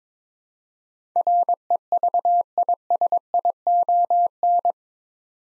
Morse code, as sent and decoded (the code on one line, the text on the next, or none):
.-. . ...- .. ... .. --- -.
REVISION